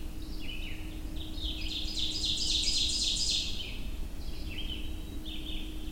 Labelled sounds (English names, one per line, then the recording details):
Ovenbird song
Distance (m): 25 m
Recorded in boreal forest in Alberta, Canada, on 22 June 2016 at 06:51
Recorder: SongMeter 3, array SBT-6-76
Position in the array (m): 25 m, 125 m
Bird 2